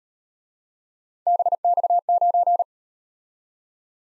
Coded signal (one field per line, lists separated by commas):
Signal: Morse code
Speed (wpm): 37 wpm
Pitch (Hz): 700 Hz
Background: none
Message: BX9